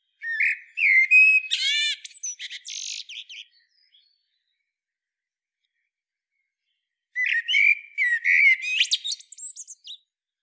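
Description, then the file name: Common blackbird calls in two bouts of harsh, twittering squawks and rough buzzy notes, with a long silent gap between them. "Turdus merula"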